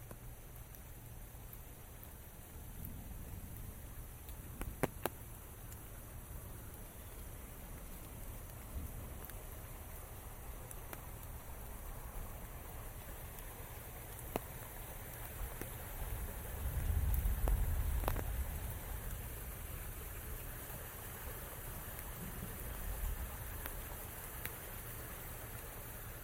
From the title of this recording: Walk in the Rain